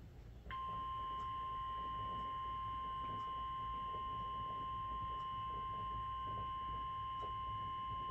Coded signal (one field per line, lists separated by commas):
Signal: Emergency Alert System (SAME) tones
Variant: 1050 Hz attention tone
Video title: EAS #486: KIG86 TOR (RLX) (2/28/24)